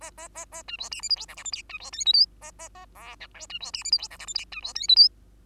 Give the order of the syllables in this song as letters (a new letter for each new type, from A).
A A A A B C D E F G H I J K B C L M N A A A O P Q B C D E F G H I J K B C L M N